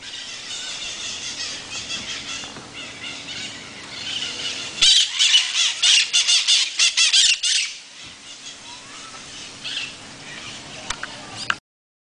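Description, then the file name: Parrot squawks: harsh, grating bursts come in a rapid cluster midway through, with fainter squawks before and after over a steady background hiss. "Maritaca"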